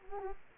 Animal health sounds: mosquito wingbeat signal from an infrared sensor; Culex quinquefasciatus

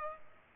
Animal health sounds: mosquito wingbeat signal from an infrared sensor; Culex pipiens

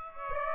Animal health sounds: mosquito wingbeat signal from an infrared sensor; Aedes aegypti

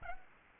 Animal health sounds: mosquito wingbeat signal from an infrared sensor; Aedes aegypti

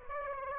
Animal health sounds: mosquito wingbeat signal from an infrared sensor; Aedes aegypti

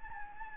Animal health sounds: mosquito wingbeat signal from an infrared sensor; Anopheles gambiae

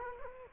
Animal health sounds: mosquito wingbeat signal from an infrared sensor; Culex quinquefasciatus

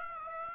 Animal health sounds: mosquito wingbeat signal from an infrared sensor; Aedes aegypti

